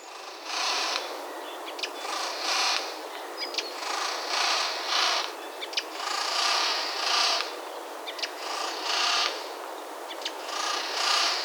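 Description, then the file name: Eurasian Jay giving a long series of rough, tearing screeches, with faint clicks and ticks between the calls. "Garrulus glandarius"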